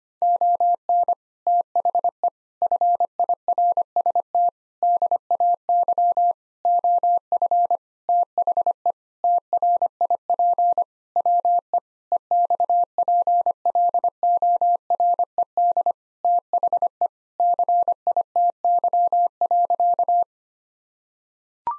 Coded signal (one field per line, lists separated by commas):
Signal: Morse code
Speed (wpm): 25 wpm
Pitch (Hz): 700 Hz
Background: none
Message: ON THE FIRST DAY OF THE TRIP WE EXPLORED THE CITY.